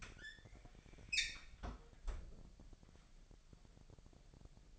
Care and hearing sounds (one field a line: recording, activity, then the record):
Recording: daily activity, microphone in the room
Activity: close fridge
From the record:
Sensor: 5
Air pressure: 1002.1 hPa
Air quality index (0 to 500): 219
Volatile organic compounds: 25 ppm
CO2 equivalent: 2846 ppm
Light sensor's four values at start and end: 10/24/10/11 and 9/22/9/10